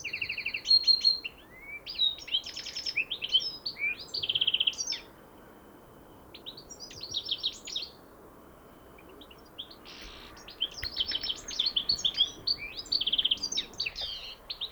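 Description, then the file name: European goldfinch delivering bubbly, tinkling twitter phrases with buzzy rattles and short whistles, pausing twice before resuming. "Carduelis carduelis"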